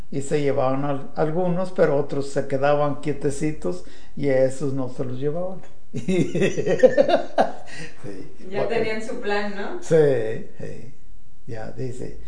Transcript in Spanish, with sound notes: y se llevaban a algunos, pero otros se quedaban quietecitos y a esos no se los llevaban. (carcajadas)
Ya tenían su plan, ¿no?
Sí, ey. Ya, dice: